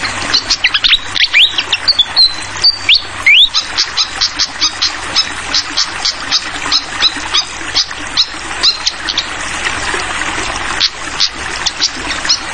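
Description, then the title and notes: Fantail sings a short run of thin whistled and rising notes early on, followed by steady gurgling, splashing water. Masteran tutor song for training songbirds: clear-voiced fantail song with the sound of flowing water. "Masteran Sikatan Kipas Suara Jernih Dan Suara Gemericik Air. Suara Burung Sikatan Londo"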